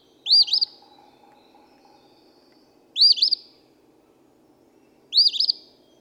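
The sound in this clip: Eastern phoebe gives three harsh two-noted phrases, each beginning with a sharp upward note and ending in a buzzy trill; soft hum behind.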